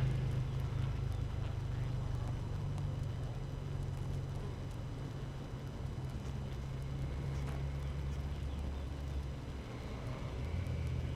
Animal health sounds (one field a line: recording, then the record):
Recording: honeybee colony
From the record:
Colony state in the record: active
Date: 12 June 2018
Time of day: 6:44